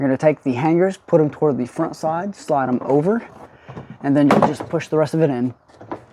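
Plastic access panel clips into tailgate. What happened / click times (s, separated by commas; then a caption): Handled, not yet home: plastic panel positioned but no clear seating snap / none. Someone talks while handling the plastic tailgate access panel of a 2007–2012 Hyundai Santa Fe, hooking its hangers toward the front side and sliding it over before pushing the rest of it in so its clips go into the tailgate. A brief sharp sound occurs near the end at about 5.9 s. Nothing has seated or clicked yet.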